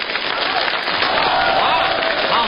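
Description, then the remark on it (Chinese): Steady, dense audience applause at a xiangsheng (crosstalk) performance by three performers on stage, a continuous wash of many hands clapping at an even loudness, with a few faint voices rising through it. “那么在这里呢，我祝愿今天我们爷儿仨站在舞台上说相声的时候，第一个鼓掌的朋友，09年发财100万。”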